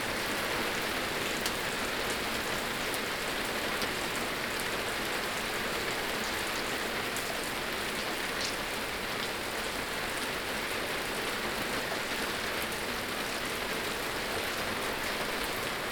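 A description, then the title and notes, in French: Steady, dense rain hisses evenly throughout, bright, with faint scattered drips and ticks but no thunder heard. Orsennes.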